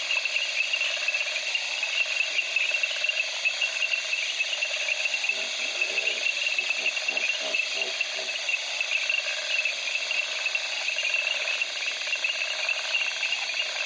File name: Africa Okavago night crickets frogs in reeds